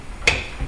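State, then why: Seated. A hard drive fitted with spring-loaded plastic rails is lined up and slid into the drive bay of an Antec 1100 Super Mid Tower PC case. A sharp, bright click sounds at 0.3 s, followed by a softer low thump near 0.6 s. The drive locks into the bay and is secure.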